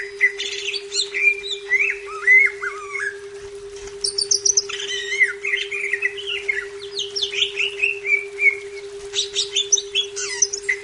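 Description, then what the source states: Leafbird delivering fast, varied whistled phrases with looping slurs and high chattering notes, brief pauses between bursts, over a steady low hum. Labelled Cucak Ijo 'Daun Kecil'.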